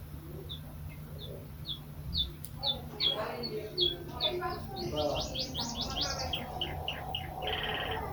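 Birds chirp in quick, repeated high-pitched notes, steady throughout, with a rapid burst of trilling calls partway through over a low constant hum.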